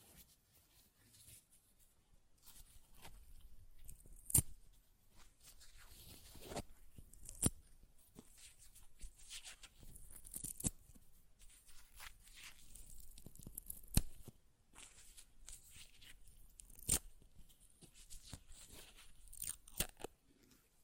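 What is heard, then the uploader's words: Paper is ripped and torn in short, rough bursts with brief pauses between them, a crisp crackling that stays bright and fairly dense. Sharper snaps stand out at about 4, 7.5, 10.5, 14 and 17 seconds, and the tearing runs unevenly throughout. ASMR Paper Ripping Tearing Sounds (No Talking).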